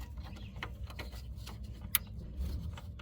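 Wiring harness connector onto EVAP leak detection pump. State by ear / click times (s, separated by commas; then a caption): seated / 1.9 s. A plastic wiring harness electrical connector is pushed back onto the new EVAP leak detection pump of a 2013 Jeep Wrangler, replaced to fix code P0456. A few faint taps and rustles are followed by one sharp, loud click at 2.0 s as the connector latches and seats onto the pump.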